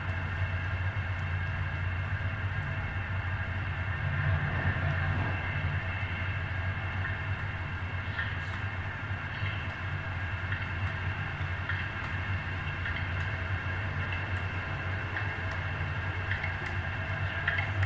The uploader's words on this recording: An East River Park Sound Walk in New York. The sound of a single recording made while circling the park. The recording played through a transducer and an antique gasoline can.